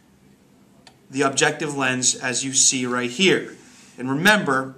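A microscope's revolving nosepiece is rotated to bring the next objective lens into position, and a short tick at 0.9 s marks the detent engaging as the objective lens clicks into place. Someone talks over the rest of the clip.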